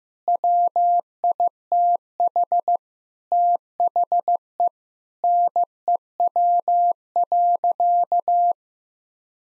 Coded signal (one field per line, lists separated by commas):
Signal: Morse code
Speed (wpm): 15 wpm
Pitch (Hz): 700 Hz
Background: none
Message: WITH THE NEW.